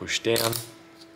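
A SO-DIMM RAM stick sits at an angle in the single memory slot of an Asus Vivobook 15 K3502ZA laptop and is being pushed down toward the side clips while someone talks. Nothing has seated or clicked yet.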